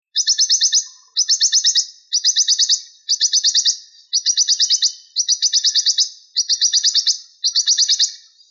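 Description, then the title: Bird calling in eight rapid, high trilled bursts, each about three-quarters of a second long and repeated roughly once a second, with a fainter lower tone under each burst. "LuckyPassaros CompletosSama"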